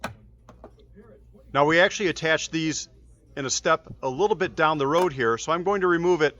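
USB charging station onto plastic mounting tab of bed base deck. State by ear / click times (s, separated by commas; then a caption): seated / 0.1 s. A plastic USB charging station, slid over a plastic mounting tab under the seat base deck of a LogicData SilverStandard+ adjustable bed base, seats with a sharp click at 0.0 s when pressed down firmly. A few faint clicks follow, then someone talks.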